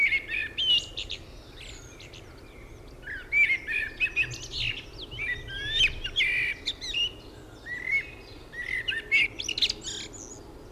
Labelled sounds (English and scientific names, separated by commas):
Common Blackbird (Turdus merula) song